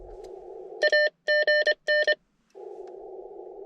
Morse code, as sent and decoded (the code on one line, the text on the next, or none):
.- --. -.
AGN